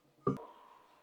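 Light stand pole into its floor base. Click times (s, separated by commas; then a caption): 0.3 s. The pole of a Vsoke full-spectrum grow light for indoor plants, with its extendable stand, is pushed into the stand's base resting on the floor. It snaps into place with one sharp hit at 0.3 s, followed by a short ringing tone that fades over the rest of the clip. The stand section is seated in the base.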